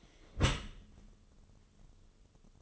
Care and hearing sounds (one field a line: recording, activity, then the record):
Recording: daily activity, microphone in the room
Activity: close dishwasher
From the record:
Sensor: 4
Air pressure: 1015.8 hPa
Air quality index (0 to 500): 95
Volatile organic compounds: 2 ppm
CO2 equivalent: 1066 ppm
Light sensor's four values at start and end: 9/19/7/7 and 9/19/7/7